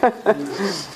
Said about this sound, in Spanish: Ay, pobre, bebe agua. Yo tengo un problema. Es que cuanto más te contienes, más tos.